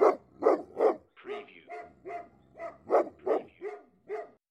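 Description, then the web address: Dog barking repeatedly, about eleven barks in a run. Big dog barking. "lynne-publishing Big Dog Barking"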